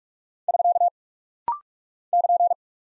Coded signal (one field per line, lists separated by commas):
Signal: Morse code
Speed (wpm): 46 wpm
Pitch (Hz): 700 Hz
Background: none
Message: <SK> <KN>